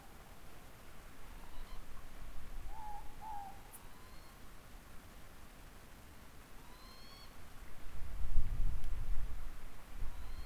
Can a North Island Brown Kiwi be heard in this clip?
no